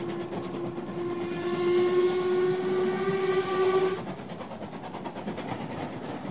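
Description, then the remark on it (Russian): A steam train travelling through India at night, past plains and jungles, sounds its whistle in one long, steady, high tone over the rumble and hiss of the engine. It cuts off after about four seconds, leaving the rhythmic chugging and hissing. “Всю ночь поезд шел по запланированному маршруту, проезжая мимо необозримых равнин и необъятных джунглей.”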